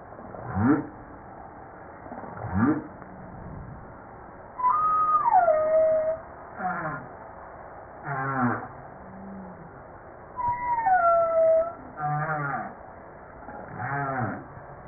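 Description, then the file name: Humpback whale song: a varied sequence of quick upsweeps, higher whistled notes that step down, and short pulsed bursts, repeated in a loose pattern. Recorded 5 March 1994. "Baleine a bosse 940305"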